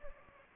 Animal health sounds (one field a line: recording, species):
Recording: mosquito wingbeat signal from an infrared sensor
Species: Anopheles gambiae